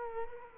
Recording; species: mosquito wingbeat signal from an infrared sensor; Culex quinquefasciatus